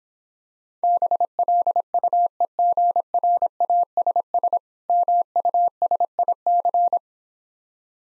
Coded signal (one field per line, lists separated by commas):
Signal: Morse code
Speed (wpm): 26 wpm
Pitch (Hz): 700 Hz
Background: none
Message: BLUEGRASS MUSIC